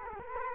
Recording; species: mosquito wingbeat signal from an infrared sensor; Culex quinquefasciatus